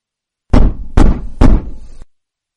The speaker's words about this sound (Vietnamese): Tiếng gõ cửa khá gấp gáp làm cho mọi người đưa mắt nhìn ra.